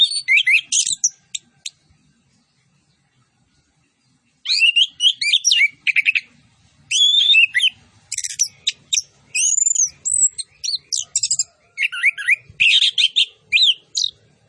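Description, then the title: Orange-headed thrush singing: a short opening phrase and a pause, then a long, varied stretch of fast warbled whistles, trills and chattering notes, almost continuous toward the end. Master recording of lively (gacor) song with full fill-in phrases, including cililin-style 'tembakan' bursts. "Anis Kembang Gacor. MASTERAN ANIS KEMBANG ISIAN FULL DENGAN TEMBAKAN CILILIN"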